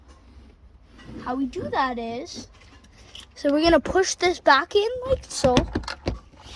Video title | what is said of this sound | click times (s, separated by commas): Kid Installs a Curt 56161 Trailer Light Wiring Harness for 05-10 Honda Odyssey | until you hear a click. | 6.1 s